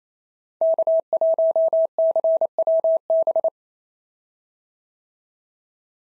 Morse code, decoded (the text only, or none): K1CWB